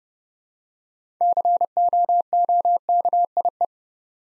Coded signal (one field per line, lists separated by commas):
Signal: Morse code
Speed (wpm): 30 wpm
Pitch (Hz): 700 Hz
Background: none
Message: COOKIE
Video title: Easy Words with Hints - 30wpm